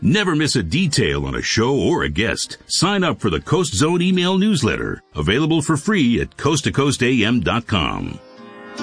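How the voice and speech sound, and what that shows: Clear, fluent adult male voice reading a brief radio promo at an even pace; ordinary speech.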